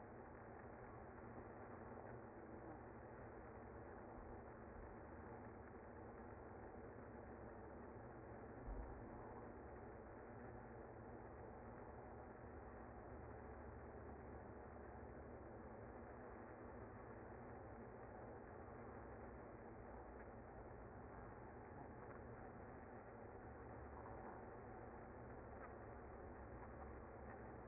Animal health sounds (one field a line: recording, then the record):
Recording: honeybee colony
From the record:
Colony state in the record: active